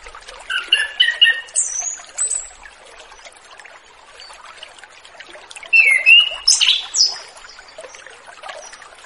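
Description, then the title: Orange-headed thrush song: two bursts of varied whistled and squeaky phrases, including high thin notes, separated by about three seconds of quiet hiss. Relaxed, open-voiced style (ngeplong santai), used as a lure for free-flying spotted orange-headed thrushes. "Anis Kembang Ngeplong Santai , Untuk Pancingan Anis Kembang Lepas Trotol"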